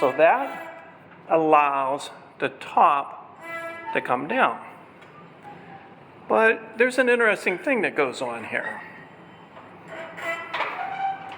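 Someone talks while handling the emergency lock on a folding top mechanism as the top is let down, with faint music in the background. Nothing has seated or clicked yet; the clip ends before the lock engages.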